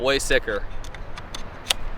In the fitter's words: that's locked in okay